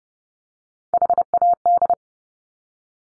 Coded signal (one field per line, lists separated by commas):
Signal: Morse code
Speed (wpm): 30 wpm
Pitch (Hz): 700 Hz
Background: none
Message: HAD